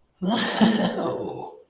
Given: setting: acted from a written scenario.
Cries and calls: vocal sound without words; elation

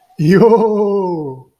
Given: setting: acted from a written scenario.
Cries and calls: vocal sound without words; positive surprise

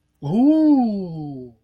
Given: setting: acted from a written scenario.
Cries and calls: vocal sound without words; desire

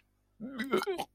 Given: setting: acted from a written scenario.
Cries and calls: vocal sound without words; disgust

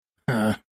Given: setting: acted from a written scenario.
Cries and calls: vocal sound without words; contempt

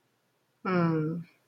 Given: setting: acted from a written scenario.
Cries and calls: vocal sound without words; guilt

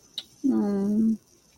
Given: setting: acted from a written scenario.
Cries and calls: vocal sound without words; disappointment

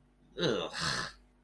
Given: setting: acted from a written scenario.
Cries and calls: vocal sound without words; disgust

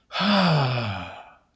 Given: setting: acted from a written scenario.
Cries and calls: vocal sound without words; relief

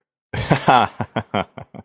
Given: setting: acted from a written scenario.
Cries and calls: vocal sound without words; amusement

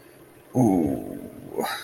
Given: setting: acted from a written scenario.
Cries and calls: vocal sound without words; embarrassment

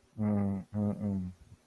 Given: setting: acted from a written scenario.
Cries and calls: vocal sound without words; contempt

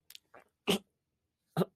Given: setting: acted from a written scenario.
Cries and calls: vocal sound without words; disgust

